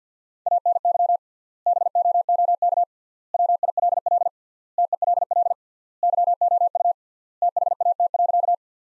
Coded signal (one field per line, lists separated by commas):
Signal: Morse code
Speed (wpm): 50 wpm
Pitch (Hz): 700 Hz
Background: none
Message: ANY BOOK WILL TELL YOU THAT.